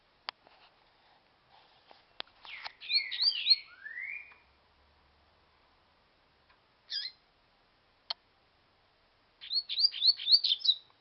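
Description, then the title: Double-collared seedeater song: scattered ticks, then a burst of chirps and a rising whistle, a lone short note, and a closing run of quick descending whistled notes. "Canto Coleiro"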